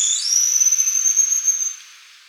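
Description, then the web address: Rufous-headed pygmy-tyrant uttering a long, piercing, level high whistle that starts with a brief downward slur and lasts over a second. Ecuador. "Birds of Ecuador 3-02 Rufous-Headed Pygmy-Tyrant"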